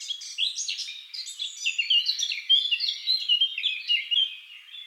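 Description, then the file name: Eurasian blackcap, a steady, busy warble of high twittering and whistled notes running almost evenly through the whole stretch. "Sylvia atricapilla"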